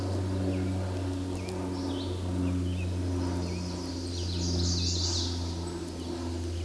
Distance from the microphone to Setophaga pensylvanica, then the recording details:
about 25 m. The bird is about 5 m above the microphone. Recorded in a Pennsylvania forest on 16 May 2024 at 09:24. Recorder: AudioMoth, point MSD-2007. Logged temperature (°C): 16.1 °C. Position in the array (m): 16 m, 25 m